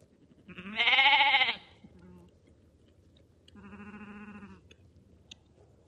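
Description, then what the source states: Sheep bleating: a loud, wavering bleat, a brief faint sound, then a softer, even bleat. Lambs.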